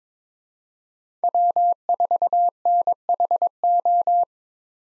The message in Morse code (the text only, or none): W4NHO